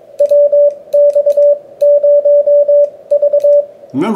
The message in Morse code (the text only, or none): WX0V